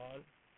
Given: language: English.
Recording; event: throat vibration sensor signal played as sound; speech